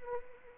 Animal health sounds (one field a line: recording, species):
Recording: mosquito wingbeat signal from an infrared sensor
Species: Anopheles arabiensis